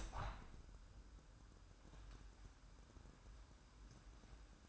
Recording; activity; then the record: daily activity, microphone in the room; open window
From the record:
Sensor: 2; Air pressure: 998.0 hPa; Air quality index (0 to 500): 149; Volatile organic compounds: 4 ppm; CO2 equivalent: 1685 ppm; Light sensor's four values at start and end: 10/29/11/11 and 10/29/12/11